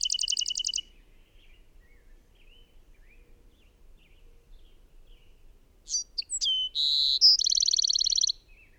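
Bird song: a trill ends at the start, then after a quiet gap a full phrase of sharp notes, a held tone and a rapid rattling trill.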